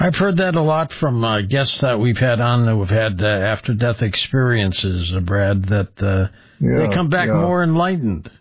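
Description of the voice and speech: A single adult man speaks fluently in a steady, low-pitched voice with smooth, clear voicing and only brief pauses. Rate and rhythm sound conversational, with no repeats, blocks or slurring. Ordinary adult male speech.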